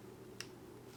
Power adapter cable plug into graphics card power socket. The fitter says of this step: all right let's listen for that click